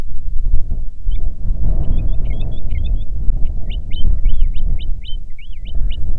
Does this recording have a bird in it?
yes